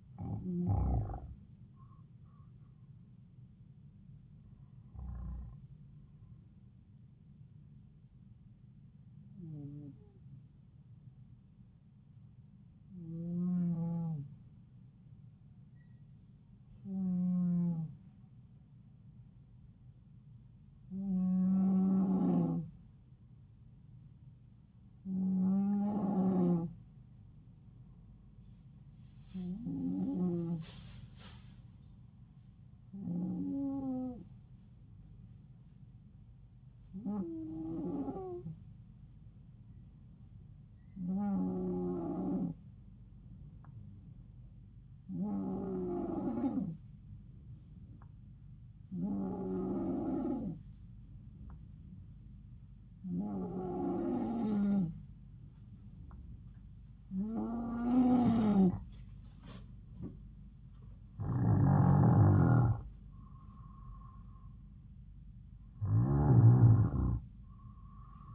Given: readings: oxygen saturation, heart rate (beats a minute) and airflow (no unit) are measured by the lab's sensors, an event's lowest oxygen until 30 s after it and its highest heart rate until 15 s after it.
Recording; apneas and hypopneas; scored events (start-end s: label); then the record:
breathing in sleep by a smartphone at the bedside; 1
9.00-54.90 s: hypopnea (N2, oxygen 95% highest, then 92% lowest, heart rate 73 at the start, 75 highest)
From the record:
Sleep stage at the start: N2 (light sleep); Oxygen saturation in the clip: 91 to 95%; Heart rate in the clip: 70 to 77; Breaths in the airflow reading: 17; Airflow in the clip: -3.6 to 4.9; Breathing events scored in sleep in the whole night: 270 in 6.1 hours asleep